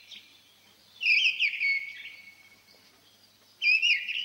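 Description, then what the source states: Mistle Thrush giving a clear fluting phrase of rapid slurred whistles, then a pause and the start of another similar phrase. Heard occasionally in old pine forest; a beautiful song.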